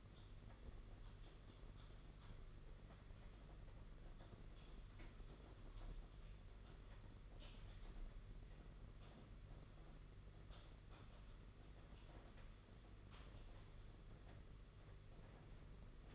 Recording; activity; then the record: daily activity, microphone in the room; typing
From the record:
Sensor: 4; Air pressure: 992.6 hPa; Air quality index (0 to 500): 137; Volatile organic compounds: 62 ppm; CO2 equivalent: 3435 ppm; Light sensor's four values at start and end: 19/66/24/25 and 19/66/24/25